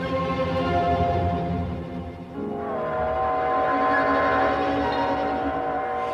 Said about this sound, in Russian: Вы не знаете, какой это гудит поезд? 23:55, это сегодня на Москву последний.